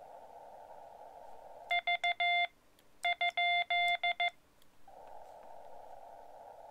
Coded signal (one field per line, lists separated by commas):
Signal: Morse code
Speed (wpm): 14 wpm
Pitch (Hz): 2100 Hz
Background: none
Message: V ?